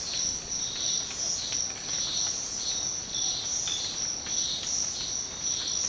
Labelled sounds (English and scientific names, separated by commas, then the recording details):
none
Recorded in dense forest near Puerto Asís, Putumayo, Colombia, on 19 March 2025 at 06:00
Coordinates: 0.500, -76.322
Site GP06